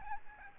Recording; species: mosquito wingbeat signal from an infrared sensor; Aedes albopictus